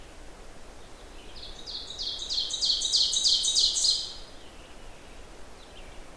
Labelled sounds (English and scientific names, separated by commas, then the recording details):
Ovenbird (Seiurus aurocapilla) song
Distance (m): 25 m
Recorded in boreal forest in Alberta, Canada, on 12 June 2016 at 07:42
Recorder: SongMeter 3, array SBT-3-18
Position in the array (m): 122 m, 108 m
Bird 29